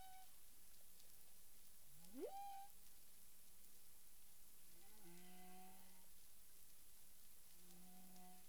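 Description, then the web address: Humpback whale vocalisations: one steep upswept cry that levels off, followed by low, flat droning tones with faint higher overtones, against constant watery hiss. Recorded 9 April 2002 at 18:42:53 UTC. "CARIMAM. humpback whale 20020409 184253 UTC"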